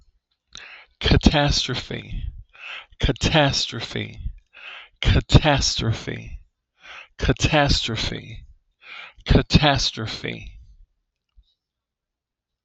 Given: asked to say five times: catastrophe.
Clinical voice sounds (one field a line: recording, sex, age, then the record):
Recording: repeated word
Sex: male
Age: 30 to 39 years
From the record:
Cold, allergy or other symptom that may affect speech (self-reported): no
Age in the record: 32 years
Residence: Illinois, United States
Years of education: 16